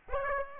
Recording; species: mosquito wingbeat signal from an infrared sensor; Aedes aegypti